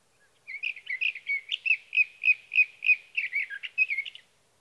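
Sage thrasher song, a steady run of similar warbled notes repeated quickly, roughly three or four per second, for close to four seconds.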